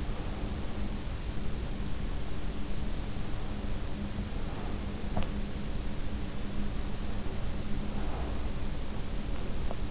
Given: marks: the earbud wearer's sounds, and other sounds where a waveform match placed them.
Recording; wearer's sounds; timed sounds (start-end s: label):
sounds in sleep by an in-ear microphone; breath
0.00-1.13 s: breath
7.92-8.79 s: breath